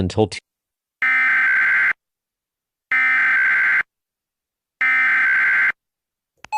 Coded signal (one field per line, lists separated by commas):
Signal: Emergency Alert System (SAME) tones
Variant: header bursts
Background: speech